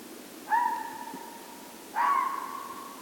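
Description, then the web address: Red fox giving two drawn-out, tonal calls about one and a half seconds apart, each holding a steady pitch, over a quiet background. Recorded at Mynämäki on 8 March 2008 at 00:44, at night, with an MKE 300 microphone. "hlehto. 20080308 0044 mynama kettu"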